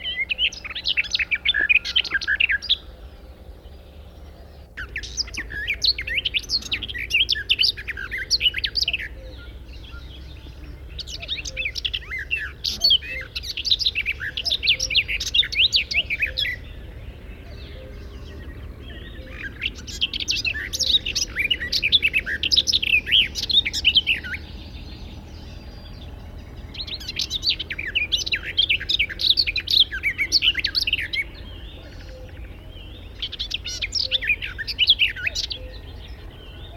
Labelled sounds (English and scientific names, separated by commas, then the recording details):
Garden Warbler (Sylvia borin) song
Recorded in the wild
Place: Venz, Insel Rügen, Mecklenburg-Vorpommern, DE
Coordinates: 54.497, 13.302
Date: 1971-05-31
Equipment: Nagra III BH, Sennheiser MD 21, parabola
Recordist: Schubert, Michael
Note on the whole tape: Gesang Gartengrasmücke